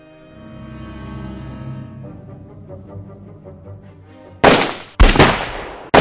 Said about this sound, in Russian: Первые выстрелы прозвучали слегка в разнобой, зато потом господа военные начали палить чуть ли не залпами.